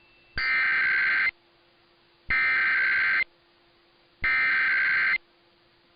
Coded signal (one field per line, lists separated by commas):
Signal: Emergency Alert System (SAME) tones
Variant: header bursts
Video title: EAS- Utah RMT on KSL-AM (10/27/23)